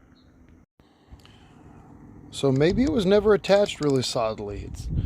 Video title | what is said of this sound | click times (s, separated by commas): The car finally gets heat, and we fix the carburetor choke. Project: Piece Of Stang (POS). | I clipped it back in it popped into place and it's pretty strong and pretty firm | 1.2 s